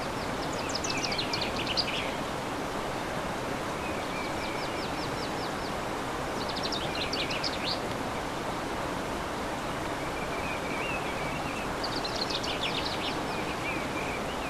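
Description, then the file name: Bird song in several bursts of rapid, high notes, with a constant heavy hiss behind them. Bird songs recorded 15 March 2014 on an MZ-N710 recorder. "MZ-N 710 Chants d oiseaux 15 03 14"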